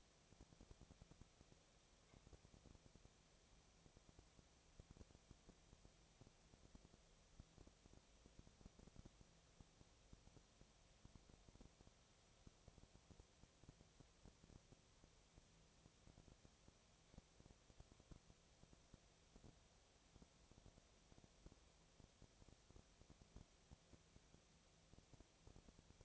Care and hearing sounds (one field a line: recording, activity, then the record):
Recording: daily activity, microphone in the room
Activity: no activity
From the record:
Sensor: 1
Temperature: 19.6 degrees Celsius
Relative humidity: 36.5%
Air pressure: 997.0 hPa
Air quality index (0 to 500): 204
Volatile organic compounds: 129 ppm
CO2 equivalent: 3921 ppm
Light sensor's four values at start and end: 1/2/1/1 and 1/2/1/1